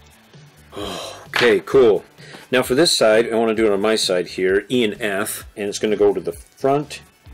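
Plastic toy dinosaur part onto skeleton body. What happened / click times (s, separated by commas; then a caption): Part handled, not yet seated / none. Plastic parts E and F are being handled to fit onto the front of a toy dinosaur skeleton body (Zuru Smashers Series 3 Epic Dino Egg T-Rex) while someone talks, with music faintly in the background. Nothing has seated or clicked yet; the clip ends just before the part snaps on.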